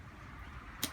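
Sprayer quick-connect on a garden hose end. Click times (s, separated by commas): 0.8 s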